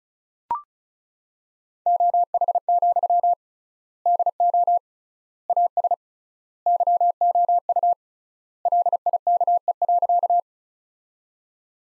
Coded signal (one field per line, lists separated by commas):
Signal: Morse code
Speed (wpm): 34 wpm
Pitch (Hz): 700 Hz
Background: none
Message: OH, DO AS YOU LIKE.